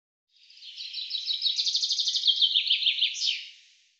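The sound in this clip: Common chaffinch singing a rattling run of high notes that falls in steps and ends in an abrupt emphatic flourish, clean and unaccompanied.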